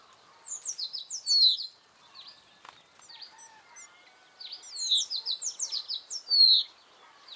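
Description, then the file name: Common chaffinch delivering two songs, each a tumbling series of descending notes ending in a loud terminal flourish, separated by a quieter pause. "Fringilla coelebs"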